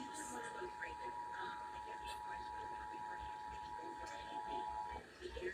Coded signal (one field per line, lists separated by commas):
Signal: Emergency Alert System (SAME) tones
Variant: 853 and 960 Hz attention tone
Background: speech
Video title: KQPS IS NOW KMEE AND A NEW RMT! EAS Tests from July 2023